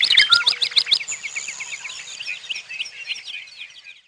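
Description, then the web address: Bird song and calls: a loud run of rapid chips at the start, then a long thin whistle over a fading stream of twittering notes. "Peterson North American Birds"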